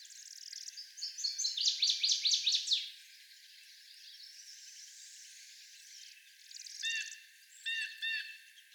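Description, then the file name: Northern waterthrush song: a ringing burst of quick repeated notes lasting about two seconds, ending in sharp downslurred notes, followed later by short stacked calls. Seventeen songs. "Northern Waterthrush 17 Songs"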